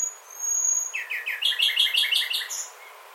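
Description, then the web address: Bird song: a thin high whistle, then a quick series of chirps, ending in a brief buzzy note. "birddata Deverinetal 2025 File origin Bird Only"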